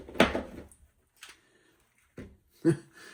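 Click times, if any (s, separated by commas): none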